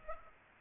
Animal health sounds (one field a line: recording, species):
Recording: mosquito wingbeat signal from an infrared sensor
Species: Culex pipiens